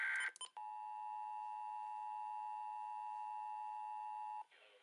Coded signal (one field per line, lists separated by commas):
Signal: Emergency Alert System (SAME) tones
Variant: 853 and 960 Hz attention tone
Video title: (EAS #961-972) Required Monthly Tests From 3/3/2024